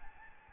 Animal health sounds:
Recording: mosquito wingbeat signal from an infrared sensor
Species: Aedes albopictus

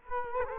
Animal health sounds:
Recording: mosquito wingbeat signal from an infrared sensor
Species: Culex quinquefasciatus

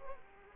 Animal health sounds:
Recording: mosquito wingbeat signal from an infrared sensor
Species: Culex quinquefasciatus

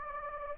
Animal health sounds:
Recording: mosquito wingbeat signal from an infrared sensor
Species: Anopheles gambiae

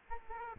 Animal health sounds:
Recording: mosquito wingbeat signal from an infrared sensor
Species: Aedes albopictus

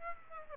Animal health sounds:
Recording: mosquito wingbeat signal from an infrared sensor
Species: Aedes aegypti

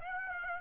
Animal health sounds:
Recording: mosquito wingbeat signal from an infrared sensor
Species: Aedes aegypti

